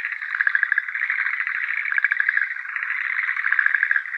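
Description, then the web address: Schlegel's green tree frog croaking in a steady pulsing series of fast rattled notes, slightly louder at the start and near the end. Recorded 9 April 2013. "birdenaga syurehgeruaogaeru"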